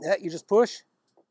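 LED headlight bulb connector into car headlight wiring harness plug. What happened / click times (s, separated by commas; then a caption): The connector is being pushed but has not clicked home yet / none. Someone talks while the plastic wiring connector of a Novsight N99 LED headlight bulb is being pushed into the headlight wiring harness plug of a 2016 Nissan Leaf. The voice stops after about 0.8 s, followed by near silence with only a faint, brief sound around 1.2 s. The connector has not yet clicked or seated by the end of the clip.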